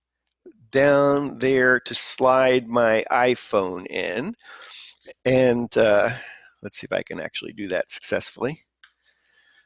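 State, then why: Seated. Someone talks as an iPhone 7 is slid into the mount of an ION360 U 360º camera case accessory, followed by a series of short sliding and handling sounds. The phone snaps into place with a sharp click at 8.8 s, and the fit feels good.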